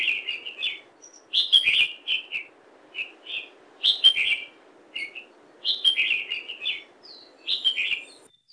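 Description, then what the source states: Red-whiskered Bulbul song: short, high, warbling whistled phrases in irregular bursts, with a faint steady hiss underneath. Introduced species on Oahu, Hawaii, from escaped caged birds; native to southern Asia; high-pitched warbling song heard in the morning dawn chorus.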